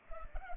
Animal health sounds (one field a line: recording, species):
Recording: mosquito wingbeat signal from an infrared sensor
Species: Culex pipiens